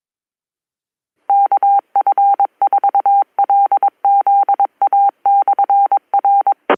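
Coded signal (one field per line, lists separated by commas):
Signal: Morse code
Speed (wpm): 22 wpm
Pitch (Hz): 800 Hz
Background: none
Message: KF4LZA/R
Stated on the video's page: Live amateur radio club net.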